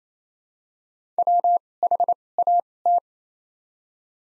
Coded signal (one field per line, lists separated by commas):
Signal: Morse code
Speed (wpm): 28 wpm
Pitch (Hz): 700 Hz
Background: none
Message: WHAT